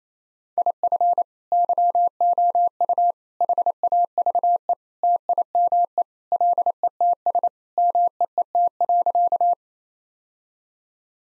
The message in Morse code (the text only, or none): IF YOU HAVE TIME LETS MEET.